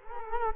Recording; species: mosquito wingbeat signal from an infrared sensor; Culex quinquefasciatus